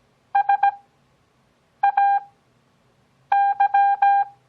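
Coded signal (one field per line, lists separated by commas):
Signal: Morse code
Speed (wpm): 17 wpm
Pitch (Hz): 800 Hz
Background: none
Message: SAY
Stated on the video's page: Morse copying practice as a mock contact between two fictitious stations, at Farnsworth speed of 6 WPM with 17 WPM character speed.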